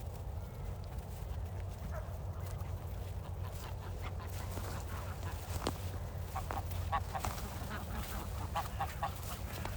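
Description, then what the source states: Goose honks, sparse at first and then coming thicker in the second half as several birds call in quick, overlapping bursts over a constant low rumble. Geese on snow, recorded 16 December.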